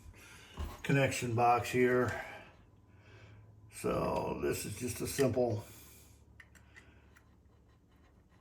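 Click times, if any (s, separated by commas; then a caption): 6.4 s. An Ethernet cable plug from the outdoor receiver is pushed into the socket on the power supply connection box while someone talks. Its plastic latch clicks at 6.4 seconds, and the plug is seated.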